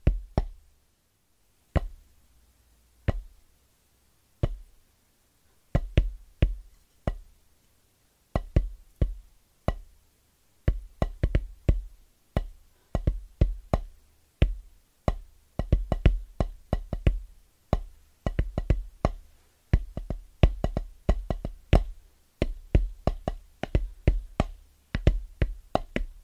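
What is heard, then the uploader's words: Quick, rhythmic taps on drum pads, each a sharp click with a dull low thump beneath it. The hits start sparse with short gaps, then grow faster and denser after about ten seconds, running in steady clusters to the end. Fast & Rhythmic Tapping On Drum Pads (No Talking).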